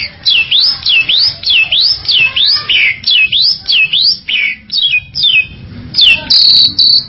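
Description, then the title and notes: Bali myna singing a run of loud, clear whistled notes that swoop down and up, ending on a steady high whistle. "Jalak Bali. Kicau Burung Jalak"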